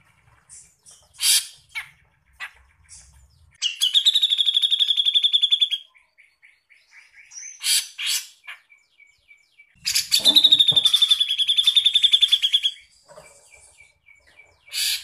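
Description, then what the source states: Grey-cheeked bulbul song: two long, rapid stuttering trills of about two to three seconds each, separated by harsh chattering bursts and soft, short clipped notes. Master recording used for training songbirds.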